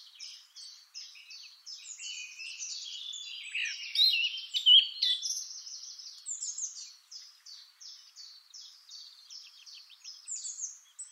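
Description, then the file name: Eurasian blackcap song of fast, scratchy twittering that swells into a brief, louder fluty burst, then returns to rhythmic repeated chips. "Sylvia atricapilla"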